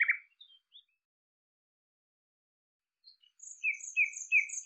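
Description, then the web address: Bird chirps: a single low burst and faint notes, a quiet gap, then a series of repeated slurred chirps with higher notes above. "cianscape birddata Deverinetal 2025 Bird Lu Me Lu Me"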